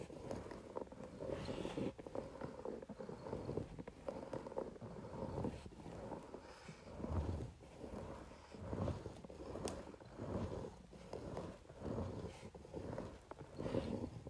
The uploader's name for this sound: Facial Roller on Paper